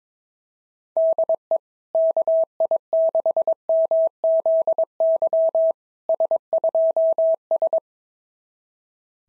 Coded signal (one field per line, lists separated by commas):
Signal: Morse code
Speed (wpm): 22 wpm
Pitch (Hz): 650 Hz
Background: none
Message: DE KI6MZY S2S